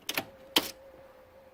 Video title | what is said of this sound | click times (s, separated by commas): Holden - Fixing stuck ignition/key - VS/VT/VX Commodore++ | it in and you just push them till it clicks | 0.6 s